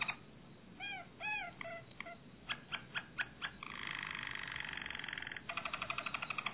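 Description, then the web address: Harz Roller canary song opening with arched notes and separate clicks, then breaking into a fast continuous buzzy roll and a pulsing trill. "~joaopt canarios racas canto harzers"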